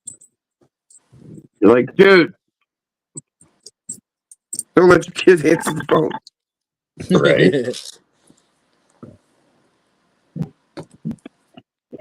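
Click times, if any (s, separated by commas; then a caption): none. A plastic model kit part is handled against its mating torso part, with scattered small plastic clicks and taps between bursts of someone talking. The clip ends just before the part goes home, and nothing has seated or clicked yet.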